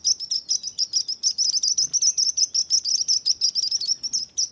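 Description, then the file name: Sparrow chirping song, a rapid run of high, bright chirps repeated several times a second without pause. Sparrow singing while flying. "felix blume animals bird sparrow singing flying"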